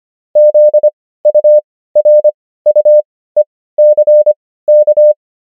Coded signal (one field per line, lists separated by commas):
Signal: Morse code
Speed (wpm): 25 wpm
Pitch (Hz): 600 Hz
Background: none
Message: ZURUECK